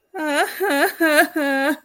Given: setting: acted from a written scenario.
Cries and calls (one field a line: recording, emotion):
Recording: vocal sound without words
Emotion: sadness